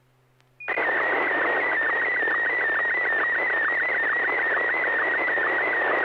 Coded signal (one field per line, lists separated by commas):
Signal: SSTV (slow-scan television)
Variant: Martin 1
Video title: N6NA SSTV Net - 02/28/2024